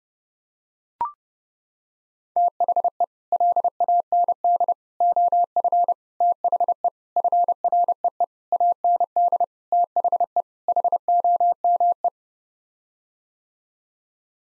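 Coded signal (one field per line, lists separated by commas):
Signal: Morse code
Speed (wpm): 30 wpm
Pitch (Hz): 700 Hz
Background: none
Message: THE LAND OF THE FREE AND THE HOME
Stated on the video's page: Head-copy drill of eight-word sets sent in Morse at 30 wpm, each set sent twice.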